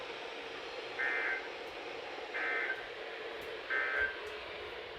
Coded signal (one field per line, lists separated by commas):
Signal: Emergency Alert System (SAME) tones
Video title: Sterling's Flood Party (8/5/22 - 8/6/22) (EAS #343-359)